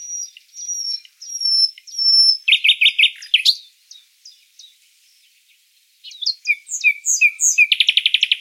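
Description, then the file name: Common nightingale delivering thin sustained whistles, then throaty chuckling notes, a pause with soft ticks, and a lively run of chirps ending in a fast rattling trill. "Luscinia megarhynchos"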